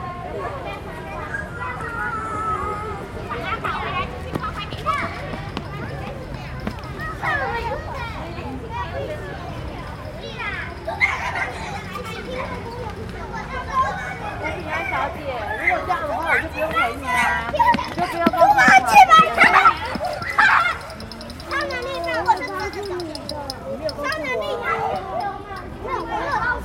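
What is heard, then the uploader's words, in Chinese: An evening park and its surroundings, filled with steady overlapping voices and chatter, including what sound like children playing. A constant low rumble of the city runs underneath. The talk grows louder and busier from about 15 to 21 seconds, with sharper calls. 傍晚，樹德公園和它的週邊。隨著四週放學和下班車聲一同響起的，不只公園裡的人聲，也有樹上回巢的鳥們。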